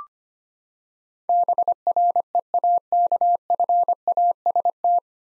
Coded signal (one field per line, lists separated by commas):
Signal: Morse code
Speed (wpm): 25 wpm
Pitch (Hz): 700 Hz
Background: none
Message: BREAKFAST